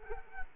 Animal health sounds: mosquito wingbeat signal from an infrared sensor; Culex quinquefasciatus

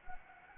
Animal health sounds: mosquito wingbeat signal from an infrared sensor; Anopheles gambiae

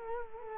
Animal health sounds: mosquito wingbeat signal from an infrared sensor; Culex quinquefasciatus

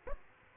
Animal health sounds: mosquito wingbeat signal from an infrared sensor; Aedes aegypti

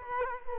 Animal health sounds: mosquito wingbeat signal from an infrared sensor; Culex quinquefasciatus

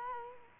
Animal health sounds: mosquito wingbeat signal from an infrared sensor; Culex quinquefasciatus

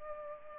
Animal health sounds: mosquito wingbeat signal from an infrared sensor; Culex pipiens

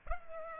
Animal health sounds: mosquito wingbeat signal from an infrared sensor; Culex pipiens

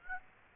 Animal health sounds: mosquito wingbeat signal from an infrared sensor; Aedes aegypti

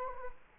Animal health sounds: mosquito wingbeat signal from an infrared sensor; Culex quinquefasciatus

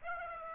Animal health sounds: mosquito wingbeat signal from an infrared sensor; Aedes aegypti

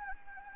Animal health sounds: mosquito wingbeat signal from an infrared sensor; Anopheles gambiae

